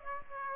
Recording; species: mosquito wingbeat signal from an infrared sensor; Aedes aegypti